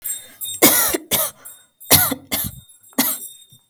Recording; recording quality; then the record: heavy voluntary cough; excellent, no background noise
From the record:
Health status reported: healthy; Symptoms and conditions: breathing difficulty, sore throat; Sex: female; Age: 21 years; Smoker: no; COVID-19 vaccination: both doses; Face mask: not worn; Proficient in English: yes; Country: India